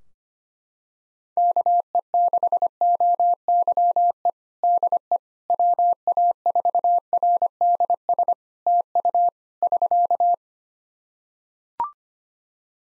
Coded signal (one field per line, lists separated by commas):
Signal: Morse code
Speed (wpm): 25 wpm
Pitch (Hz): 700 Hz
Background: none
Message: KE6OYE DE WA4RDS TU <SK>